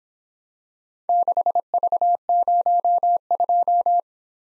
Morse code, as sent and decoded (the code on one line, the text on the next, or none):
-.... ...- ----- ..---
6V02